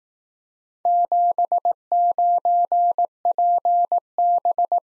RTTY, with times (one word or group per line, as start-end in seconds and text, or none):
none